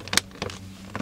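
The last plastic interior trim piece is pressed by hand into the car body and pops into place with a sharp snap at 0.2 s. Further softer clicks and knocks follow around 0.4, 0.5 and 1.0 s, and the trim piece is seated.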